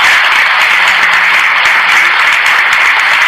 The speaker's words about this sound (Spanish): Para ellos tres, un generoso aplauso.